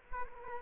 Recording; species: mosquito wingbeat signal from an infrared sensor; Culex quinquefasciatus